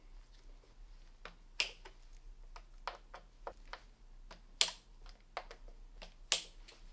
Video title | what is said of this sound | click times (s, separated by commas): A2 Rogue All-Road Bike Build Tutorial | and we're going to torque them so we're going to go all the way until your torque range clicks | 1.6 s, 4.6 s, 6.3 s